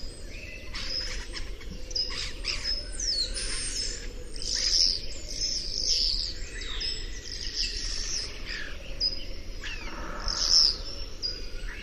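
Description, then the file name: Common starling singing a varied medley of high whistles, buzzy rattles and clicking bursts in quick succession, with a steady low rumble underneath. "Etourneau"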